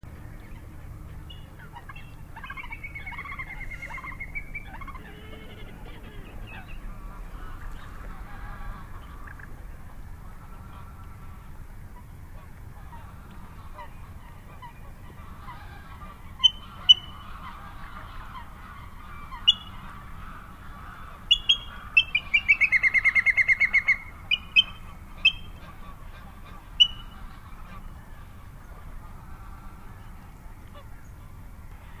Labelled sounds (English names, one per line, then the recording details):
Little Grebe call
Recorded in the wild
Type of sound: call
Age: adult
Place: Kützerhof, Kummerower See, Mecklenburg-Vorpommern, DE
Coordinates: 53.8525, 12.8719
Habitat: wetland
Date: 2011-04-18 23:46
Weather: clear, full moon, 10°C, weak northerly winds
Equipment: Sound Devices 702, Sennheiser MKH 70, Rycote Windschutz
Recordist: Frommolt, Karl-Heinz
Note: Polder Große Rosin: Rufe eines Zwergtauchers. Einzeltier - kein Duett